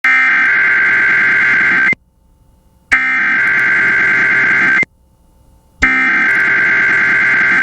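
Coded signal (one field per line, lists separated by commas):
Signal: Emergency Alert System (SAME) tones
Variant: header bursts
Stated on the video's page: Tornado watch for Alabama, Florida and Georgia counties, aired on KALT-FM.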